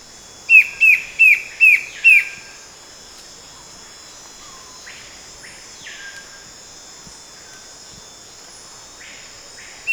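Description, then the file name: Bird calls: five sharp, short notes in quick succession, then fainter softer sounds, over a steady high insect drone. "SABIOD 50 bird 2015"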